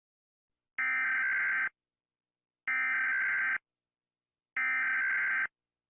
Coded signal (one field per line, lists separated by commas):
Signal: Emergency Alert System (SAME) tones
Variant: header bursts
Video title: Rating EAS Alarms (w/ Ella!!)